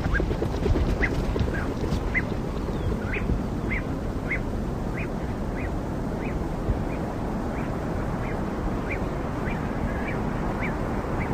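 Crested duck giving short, sharp calls repeated roughly every half second to one second over a heavy, steady low rumble.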